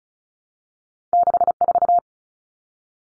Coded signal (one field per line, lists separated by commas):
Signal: Morse code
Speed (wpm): 34 wpm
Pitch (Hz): 700 Hz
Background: none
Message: 64